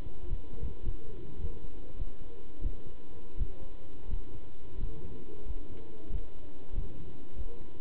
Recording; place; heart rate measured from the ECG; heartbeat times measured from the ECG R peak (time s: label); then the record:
heart sounds by stethoscope; between the tricuspid and mitral areas; 93 bpm
0.28 s: heartbeat
0.84 s: heartbeat
1.39 s: heartbeat
1.97 s: heartbeat
2.62 s: heartbeat
3.38 s: heartbeat
4.09 s: heartbeat
4.79 s: heartbeat
5.45 s: heartbeat
6.10 s: heartbeat
6.74 s: heartbeat
7.35 s: heartbeat
From the record:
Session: pedaling a stationary bicycle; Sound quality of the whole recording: good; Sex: male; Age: 27 years